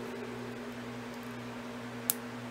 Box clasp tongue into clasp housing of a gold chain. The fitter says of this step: what you get a click that locks it itself honestly but to